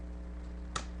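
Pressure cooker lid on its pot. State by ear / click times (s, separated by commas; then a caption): released / 0.8 s. After the pressure has come out, the metal lid of a pressure cooker is worked on its pot over a steady low hum. A single sharp snap at 0.8 s marks the lid releasing, so it can now come off.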